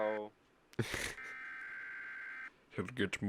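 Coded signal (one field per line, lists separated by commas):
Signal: Emergency Alert System (SAME) tones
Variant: header bursts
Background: speech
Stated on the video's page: Fictional EAS scenario.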